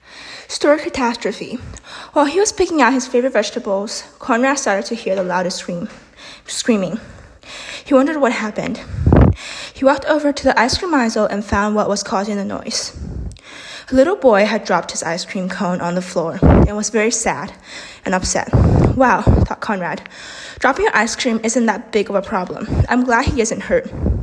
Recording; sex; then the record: reading aloud after running; female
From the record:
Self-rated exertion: vigorous exertion (4 of 6); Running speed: 6 miles an hour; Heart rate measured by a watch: 166 beats a minute at the start, 161 at the end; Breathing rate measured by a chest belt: 23 breaths a minute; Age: 18 years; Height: 171 cm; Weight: 75 kg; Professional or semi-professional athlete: no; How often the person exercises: 1 to 2 times a week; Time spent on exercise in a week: under 1 hour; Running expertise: no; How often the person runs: 1 to 2 times a week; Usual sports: running, fencing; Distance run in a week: 3 km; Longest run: 21.3 km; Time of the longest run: 190 minutes